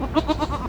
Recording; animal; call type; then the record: contact call of a hoofed animal; goat; low-frequency (closed-mouth) or high-frequency (open-mouth) call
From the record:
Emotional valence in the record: negative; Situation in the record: short social isolation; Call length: 0.69 s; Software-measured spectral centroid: 1860 Hz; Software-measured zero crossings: 1380 a second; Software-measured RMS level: -23 dBFS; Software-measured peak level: -6 dBFS